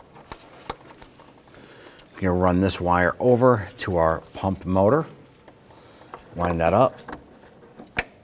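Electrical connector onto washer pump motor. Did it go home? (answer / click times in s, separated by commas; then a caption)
yes / 8.0 s. A plastic electrical connector on a wire routed to the windshield washer pump motor of a 2000-2006 Toyota Tundra is lined up and pushed on while someone talks. A few small taps come early, and the connector clicks into place with a sharp click at 8.0 s.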